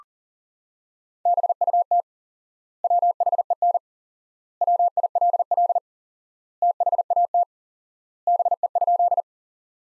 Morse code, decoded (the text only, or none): BUT WHEN WILL THAT BE?